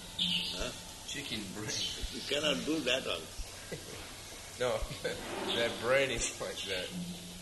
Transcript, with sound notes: Huh?
Chicken brain.
You cannot do that also.
[laughs] No. Their brain is like that.